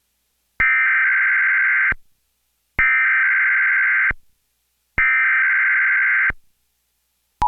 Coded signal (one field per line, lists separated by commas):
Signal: Emergency Alert System (SAME) tones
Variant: header bursts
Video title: EAS #54: EAS Required Monthly Test- Oct. 16, 2014- 10:18AM PDT